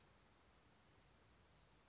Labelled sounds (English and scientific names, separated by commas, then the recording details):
California Towhee (Melozone crissalis)
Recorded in Sonoma County, California